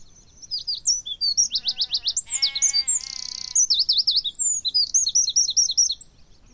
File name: Troglodytes troglodytes 191018